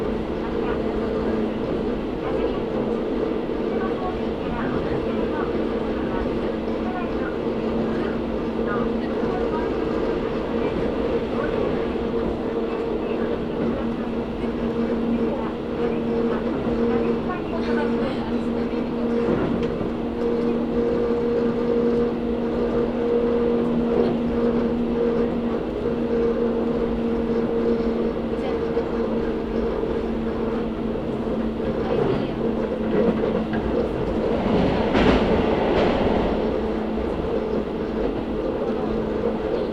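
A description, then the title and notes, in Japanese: A train rides the Karatsu and Nagasaki Main lines from Saga toward Hizen-Yamaguchi, with a steady, even drone and two low humming tones holding throughout. Faint voice-like sounds surface now and then, and a brief louder rattle stands out around 35 seconds. 唐津線・長崎本線 佐賀→久保田→肥前山口。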